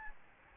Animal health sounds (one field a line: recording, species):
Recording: mosquito wingbeat signal from an infrared sensor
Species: Aedes albopictus